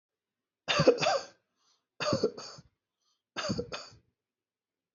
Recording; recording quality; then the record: heavy voluntary cough; excellent, no background noise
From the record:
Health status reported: healthy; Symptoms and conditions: none ticked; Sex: male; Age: 50 years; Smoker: not ticked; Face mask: not worn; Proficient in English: yes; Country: India